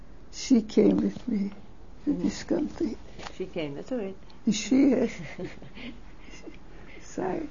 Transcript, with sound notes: She came with me to this country.
She came. That's all right. ( she laughs )
She, sorry.